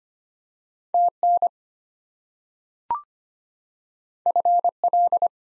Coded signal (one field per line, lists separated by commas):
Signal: Morse code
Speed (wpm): 25 wpm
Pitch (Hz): 700 Hz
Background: none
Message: TN FL